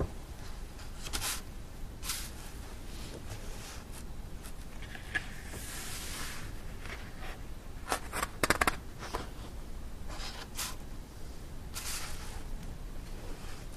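Book pages are turned in short bright rustles every second or two, over a low, steady rumbling hum.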